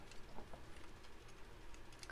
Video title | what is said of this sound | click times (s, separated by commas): Transformers Dinobot Sludge Collection - FansToys Masterpiece, Legacy, MechFansToys, ToyWorld, G1 | of put the back dinosaur legs in place which you heard it kind of snapped in place as a spring so that's cool | 2.0 s, 2.1 s